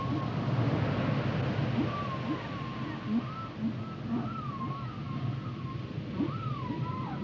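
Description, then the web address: Whale song with undulating whistled tones and short low upswept notes repeated about twice a second, over a steady deep rumble. "Natures Songs Whale Songs Whales and Dolphins - whale nature sounds songs"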